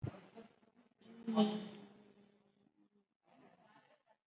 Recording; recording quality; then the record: sustained vowel as in beet; excellent, no background noise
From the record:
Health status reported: COVID-19 positive, mild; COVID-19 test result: positive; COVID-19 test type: RT-PCR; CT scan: not taken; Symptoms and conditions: cough, cold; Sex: female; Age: 32 years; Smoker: no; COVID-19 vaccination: none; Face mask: worn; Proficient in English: yes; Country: India